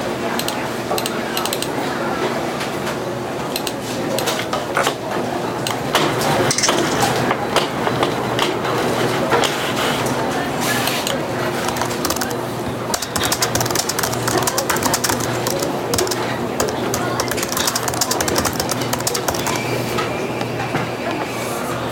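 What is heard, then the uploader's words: Soft chatter fills a busy café with a steady, dense murmur of voices that never lets up. Dishes and cups clink and clatter in quick bright taps scattered throughout, and a low machine hum runs underneath the whole time. Sounds of coffee brewing, dishes clattering, and soft chatter.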